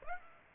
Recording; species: mosquito wingbeat signal from an infrared sensor; Aedes aegypti